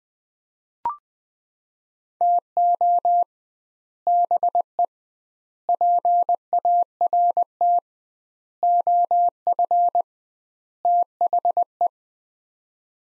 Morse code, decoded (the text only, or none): TO BE PART OF THE